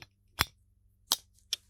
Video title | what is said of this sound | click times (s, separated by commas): Lattafa Maahir Legacy: Pierwsze wrażenia na żywo. Zapach arabski | O nawet taki klik przyjemny posłuchajcie | 1.1 s